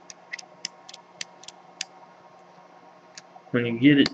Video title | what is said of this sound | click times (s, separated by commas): The Seven 22 Mod | you'll hear it kind of click in place | 0.1 s, 0.3 s, 0.4 s, 0.6 s, 1.2 s, 1.8 s